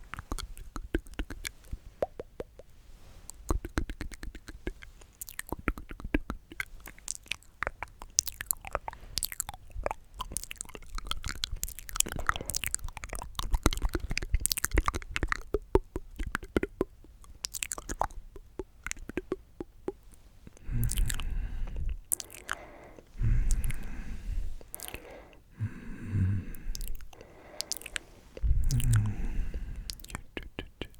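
Wet mouth sounds click and smack in rapid, irregular bursts, shifting after twenty seconds to softer chewing and squishy pops with low thumps.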